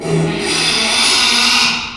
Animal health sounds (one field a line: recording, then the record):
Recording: squeal of a Yucatan mini pig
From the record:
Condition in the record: after surgery on the right vocal fold (resection and tissue-engineered implant)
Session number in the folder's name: 2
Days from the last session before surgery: 13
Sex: male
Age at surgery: 12 weeks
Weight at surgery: 13 kg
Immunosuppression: cyclosporine, prednisolone